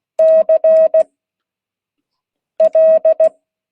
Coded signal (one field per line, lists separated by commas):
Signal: Morse code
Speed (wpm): 16 wpm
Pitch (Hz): 640 Hz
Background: none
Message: CL